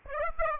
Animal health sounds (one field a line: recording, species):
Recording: mosquito wingbeat signal from an infrared sensor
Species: Aedes aegypti